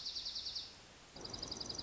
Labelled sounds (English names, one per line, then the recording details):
Dark-eyed Junco
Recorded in Sonoma County, California